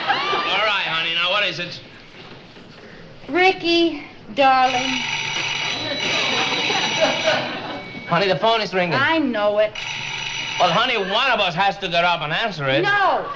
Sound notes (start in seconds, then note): 4.4 soundbite of phone ringing; 10.0 soundbite of phone ringing